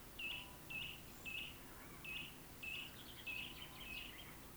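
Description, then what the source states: Great spotted woodpecker giving several sharp, high kik calls, about one every half second. Field recording from Sweden.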